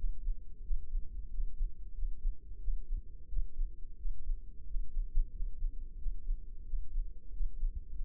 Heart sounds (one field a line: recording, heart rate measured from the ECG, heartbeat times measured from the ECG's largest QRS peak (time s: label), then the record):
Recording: heart sounds by microphone in the left ear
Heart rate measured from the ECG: 90 bpm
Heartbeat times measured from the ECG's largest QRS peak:
0.64 s: heartbeat
1.31 s: heartbeat
1.96 s: heartbeat
2.61 s: heartbeat
3.30 s: heartbeat
3.99 s: heartbeat
4.68 s: heartbeat
5.33 s: heartbeat
5.99 s: heartbeat
6.67 s: heartbeat
7.34 s: heartbeat
8.00 s: heartbeat
From the record:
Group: healthy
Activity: rest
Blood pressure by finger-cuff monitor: 146/73 mmHg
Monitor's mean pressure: 93 mmHg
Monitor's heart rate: 90 bpm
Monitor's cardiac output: 8.1 L/min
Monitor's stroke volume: 90 mL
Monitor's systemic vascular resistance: 850 dyn s/cm5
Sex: male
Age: 21 years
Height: 175 cm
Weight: 72.6 kg